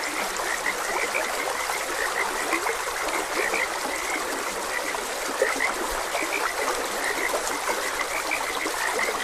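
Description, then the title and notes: Frogs chorusing in rapid, scattered high croaks over a steady water hiss, with one sharp knock partway through. Frogs croaking beside a gentle stream, presented as calming nature ambience. "Gentle Stream and Frogs Croaking - Calming Sounds of Nature. Sleep and Relaxation Podcast"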